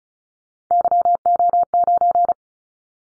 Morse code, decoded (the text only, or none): YO9